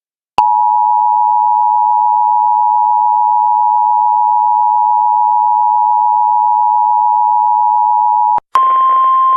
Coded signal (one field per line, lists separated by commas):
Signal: Emergency Alert System (SAME) tones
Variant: 853 and 960 Hz attention tone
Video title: US Emergency Alert Systems 2026 (part 3)